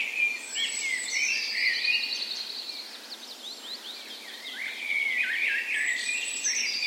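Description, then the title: Birds singing in a dawn chorus, high thin whistles, rapid descending trills and chattering phrases overlapping continuously. Spring dawn chorus recorded on the morning of 17 May, Norway's National Day, in a park west in Bergen, Norway; Sony PCM A10 recorder with LOM micro Usi microphones as tree ears. "17th Of May Dawn Chorus"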